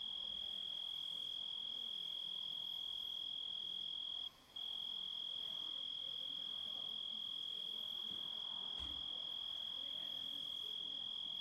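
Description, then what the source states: Grasshopper trill: a steady, high, pure-toned buzz held almost without pause, cut once by a brief gap near four seconds, over faint background hiss. Composite of several sounds.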